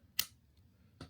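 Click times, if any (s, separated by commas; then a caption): 0.2 s. The quick-connect collar on an EGO HPW3200 series (HPW3204) pressure washer is pulled down to release the high pressure hose fitting. A sharp, bright click sounds at 0.2 s as the fitting releases from the coupling. A softer, duller knock follows at 1.0 s.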